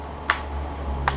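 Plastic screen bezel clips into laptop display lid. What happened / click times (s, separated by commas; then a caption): The plastic bezel clips snapped into place / 0.3 s, 1.1 s. The plastic screen bezel around a newly installed LCD panel on an HP G60-513NR notebook is pressed down from the top into the display lid. Two sharp plastic clicks ring out at 0.3 s and 1.1 s over a steady low hum. The bezel clips snap and seat into place.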